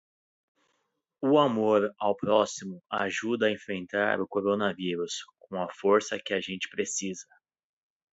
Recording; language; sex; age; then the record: spoken sentence; Brazilian Portuguese; male; 30 to 39 years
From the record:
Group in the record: control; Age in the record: 31 years